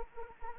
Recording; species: mosquito wingbeat signal from an infrared sensor; Anopheles arabiensis